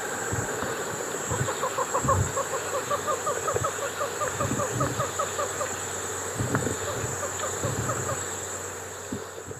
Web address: Natures Songs S America Birds of Ecuador